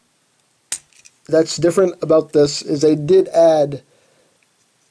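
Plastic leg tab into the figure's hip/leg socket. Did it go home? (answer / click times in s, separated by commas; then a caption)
yes / 0.7 s. A plastic tab on the leg of a Transformers Animated Ironhide action figure is pushed into its hip/leg socket during transformation, giving a sharp plastic snap at 0.7 s as the tab locks in place, followed by a couple of faint ticks. Then someone talks.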